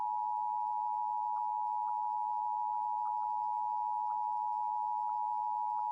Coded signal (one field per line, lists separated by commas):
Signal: Emergency Alert System (SAME) tones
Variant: 853 and 960 Hz attention tone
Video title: EAS Tornado Warning 3/14/25 (Credit Goes To @SouthernPennsylvaniaWX @KanawhaCountyWX)